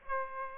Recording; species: mosquito wingbeat signal from an infrared sensor; Aedes aegypti